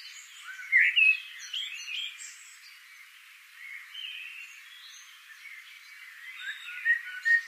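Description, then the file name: Eurasian blackbird: a sharp, twittery burst just before one second, soft warbling in between, and a few more brief squeaky notes near seven seconds. "Turdus merula"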